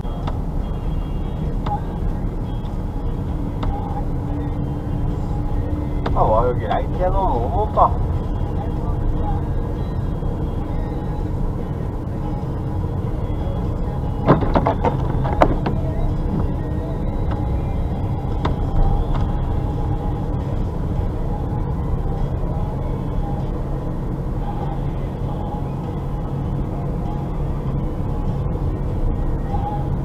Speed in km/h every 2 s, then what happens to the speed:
29, 31, 33, 34, 34, 34, 35, 35, 35, 34, 34, 35, 36, 36, 36.
0-30 steady at about 34.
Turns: none.